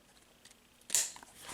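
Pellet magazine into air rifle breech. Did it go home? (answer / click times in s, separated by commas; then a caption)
yes / 1.0 s. A 10-shot rotary pellet magazine is slid, numbered side back, into the breech of a Crosman Magfire Extreme .22 break-barrel air rifle. A few faint ticks come first, then a sharp, bright snap at 0.9 s as the magazine latches into place, followed by a softer tick and some light rustling. The magazine is seated.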